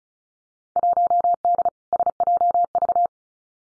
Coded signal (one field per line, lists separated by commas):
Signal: Morse code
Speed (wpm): 36 wpm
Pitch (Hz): 700 Hz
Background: none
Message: 1D SJV